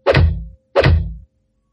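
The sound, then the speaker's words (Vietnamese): Two loud, sharp slaps land in quick succession, each a crisp smack with a brief low thud trailing off, separated by a short silence. No voices. Slaps to the faces of two men inside a dark cave. “Cả Thoại Vũ và Vạn Thành chới với, liền xiềng như vừa có ai đó ra tay tát thẳng vào mặt.”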